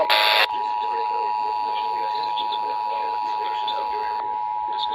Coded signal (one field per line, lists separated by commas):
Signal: Emergency Alert System (SAME) tones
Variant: 853 and 960 Hz attention tone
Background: speech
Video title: MN RMT SNOW DAY EAS 1725-1731